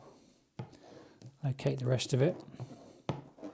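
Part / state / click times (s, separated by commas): plastic bulb cover onto the back of the car headlight housing / seated / 3.1 s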